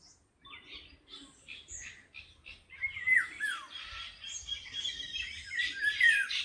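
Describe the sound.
Birdsong that opens with a series of separate chirps, then runs into a continuous high, rapid warble with slurred whistles.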